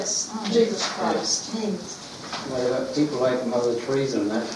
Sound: lots of chatter